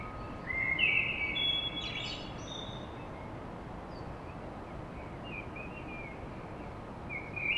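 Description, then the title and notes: Common blackbird singing a short fluted phrase with a scratchy high ending, then quieter notes, over a persistent low noise bed. Recorded at dawn in Paris. "Blackbird Poetry At Paris On. Enregistrement d'un chant de merle à l'aube dans Paris"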